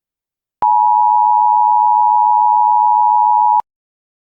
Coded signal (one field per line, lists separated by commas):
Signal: Emergency Alert System (SAME) tones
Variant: 853 and 960 Hz attention tone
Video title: EAS Scenario: The Digital ID